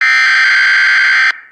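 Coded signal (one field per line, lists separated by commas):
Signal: Emergency Alert System (SAME) tones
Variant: header bursts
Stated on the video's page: Mini EAS scenario, a simulated special statement.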